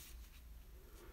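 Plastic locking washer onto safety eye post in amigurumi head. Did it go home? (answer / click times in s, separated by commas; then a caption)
no / none. A plastic locking washer is being handled at the post of a plastic safety bead eye, pushed in from inside a crocheted yarn amigurumi head. Only a low, steady rumble and faint soft rustling are heard, with no sharp transient. Nothing has seated or clicked yet.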